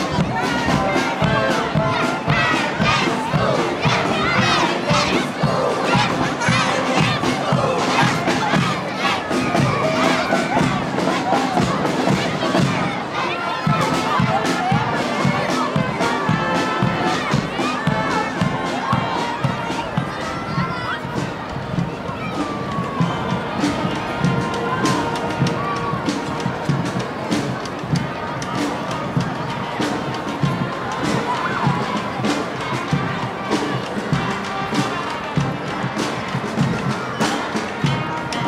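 A cheering children's parade: a dense crowd of children's voices shouting and calling out together, steady and loud for the whole stretch. Sharp bursts and yells pop out constantly over the continuous chatter, with no pauses or quieter moments.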